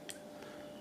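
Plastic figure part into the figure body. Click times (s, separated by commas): 0.1 s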